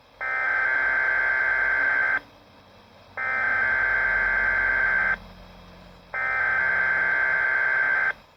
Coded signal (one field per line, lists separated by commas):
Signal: Emergency Alert System (SAME) tones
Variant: header bursts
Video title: Summers, Severe Weather... EAS Alerts EAS #13 - EAS #24 (EAS Compilation #3)